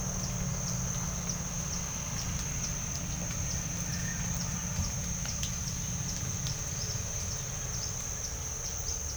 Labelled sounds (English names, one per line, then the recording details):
none
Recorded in pastures near Puerto Asís, Putumayo, Colombia, on 12 March 2025 at 06:30
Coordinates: 0.497, -76.327
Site G072